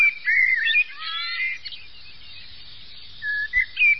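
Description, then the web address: Common blackbird song: fluted whistled phrases with a scratchy twitter, a quiet gap in the middle, then more short clear whistles. Blackbird songs for use in bird trapping (uccellagione). "Uccellagione canti-film Merlo"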